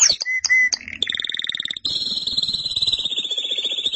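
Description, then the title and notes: Canary song: sharp chips and a short whistle, then a rapid buzzy trill and a long sustained high rolling trill. "BM Suara Kenari. BM Suara Burung Kenari"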